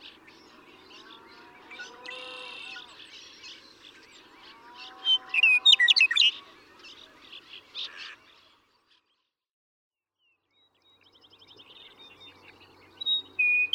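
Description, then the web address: Western meadowlark song, a bright gurgling phrase of flutey notes, with soft whistles before it, a pause in the middle and another short phrase at the end. "birdsongforthecurious Western Meadowlark"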